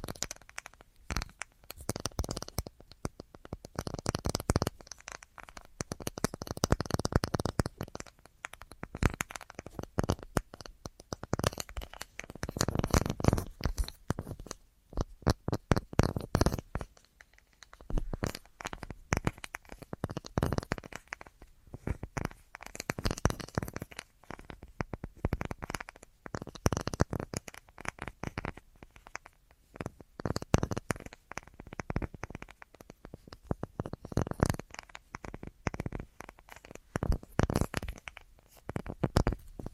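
An assortment of tapping runs in quick, irregular bursts of soft knocks and crinkly clicks, with brief pauses between clusters throughout.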